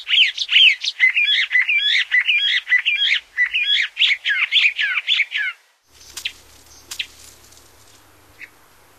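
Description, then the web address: Bendire's Thrasher song, a rapid, continuous run of warbled, buzzy phrases for about five seconds, followed by quiet with a few faint clicks and a low hum. "Songs of Birds of North America Stokes. Bendires Thrasher"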